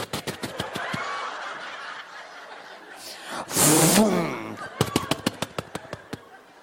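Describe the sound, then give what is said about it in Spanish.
A voice imitates a sputtering little motor with rapid, sharp popping bursts, breaks into a short laughing, strained vocal stretch, then resumes the quick irregular putts that fade out. “Pinche motorcito nomás hacía.”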